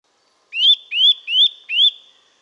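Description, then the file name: Eurasian nuthatch calling four loud rising whistled notes, each swelling and slurring upward, spaced evenly about every two-fifths of a second. "Sitta europaea"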